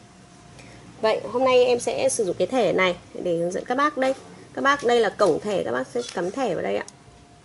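A memory card is handled at the card slot of a Q92 remote-control portable speaker while someone talks throughout. Nothing has seated or clicked yet.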